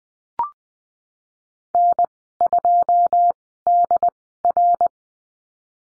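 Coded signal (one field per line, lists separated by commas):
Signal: Morse code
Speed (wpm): 20 wpm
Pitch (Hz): 700 Hz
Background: none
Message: N2DR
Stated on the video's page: Morse code course lesson on call signs and the number 5, Farnsworth speed 20/10 wpm.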